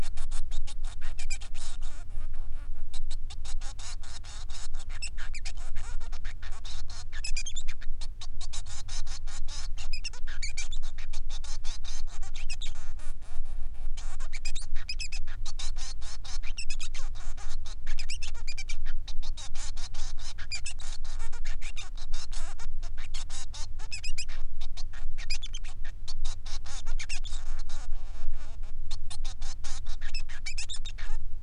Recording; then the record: song of a male Bengalese finch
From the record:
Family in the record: son of father 3